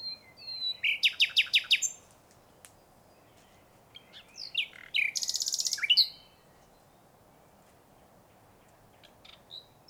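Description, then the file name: Common nightingale song: a fast run of sharp repeated notes, a pause with a few soft twitters, then a rapid buzzy trill, with faint background hiss. "canto verso usignolo luscinia megarhynchos nightangale nachtigall"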